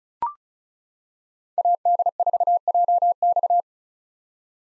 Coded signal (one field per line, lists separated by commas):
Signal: Morse code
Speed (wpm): 36 wpm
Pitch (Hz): 700 Hz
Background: none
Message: AD4JX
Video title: 2023 POTA Hunter Call Signs - 35wpm